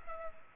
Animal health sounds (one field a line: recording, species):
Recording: mosquito wingbeat signal from an infrared sensor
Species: Culex pipiens